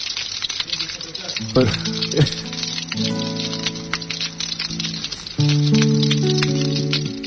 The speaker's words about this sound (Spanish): Ahí está lloviendo. Mirá, está lloviendo. Uy, qué lindo.